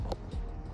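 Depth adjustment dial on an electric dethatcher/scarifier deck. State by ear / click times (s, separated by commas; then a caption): not seated / none. The plastic depth-setting dial on an electric dethatcher/scarifier deck is pulled out and rotated down to a lower setting, with a brief sharp handling tick near 0.1 s over low background rumble. Nothing has seated or clicked into place yet.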